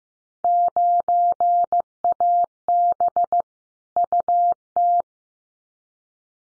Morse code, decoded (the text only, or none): 9AB UT